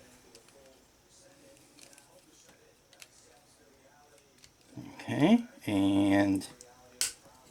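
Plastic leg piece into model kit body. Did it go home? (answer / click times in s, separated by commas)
yes / 7.0 s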